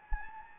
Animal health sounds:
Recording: mosquito wingbeat signal from an infrared sensor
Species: Anopheles gambiae

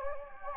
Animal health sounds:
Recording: mosquito wingbeat signal from an infrared sensor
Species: Anopheles gambiae

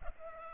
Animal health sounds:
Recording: mosquito wingbeat signal from an infrared sensor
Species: Culex pipiens

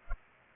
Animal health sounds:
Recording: mosquito wingbeat signal from an infrared sensor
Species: Culex pipiens

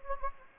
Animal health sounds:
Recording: mosquito wingbeat signal from an infrared sensor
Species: Anopheles gambiae

